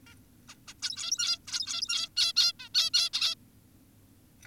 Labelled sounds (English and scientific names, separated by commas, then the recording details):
Zebra Finch (Taeniopygia guttata)
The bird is an adult
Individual g17y2U